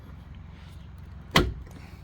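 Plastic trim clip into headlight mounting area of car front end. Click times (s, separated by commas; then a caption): 1.4 s. On a 2024-2025 Hyundai Sonata, a plastic clip on the reinstalled headlight/bumper trim that was not fully seated is pushed into the headlight mounting area of the car's front end. A single loud, sharp snap is heard at 1.4 s, and the clip is confirmed snapped in all the way.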